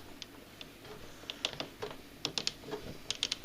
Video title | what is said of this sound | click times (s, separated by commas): Réalisation d'une planche technique (3/3 câblage et mise en service) | fait clic clic clic | 1.4 s, 2.2 s, 2.4 s, 2.5 s, 3.2 s, 3.3 s